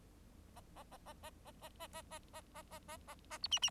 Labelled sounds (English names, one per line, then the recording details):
Bengalese Finch song
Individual Bird4